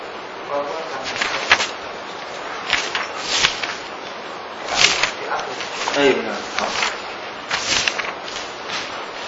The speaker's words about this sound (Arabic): في كلب.